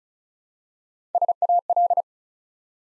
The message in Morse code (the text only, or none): SAL